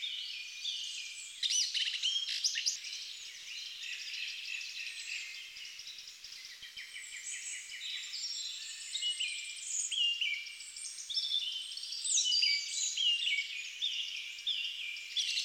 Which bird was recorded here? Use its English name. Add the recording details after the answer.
Song Thrush. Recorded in the wild. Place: Lilienhof / Kaiserstuhl, Baden-Württemberg, DE. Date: 1999-04-02. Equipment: Dat-Recorder Casio DA 7, Telinga DAT, Telinga-Parabolspiegel. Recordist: Schwarz, Dieter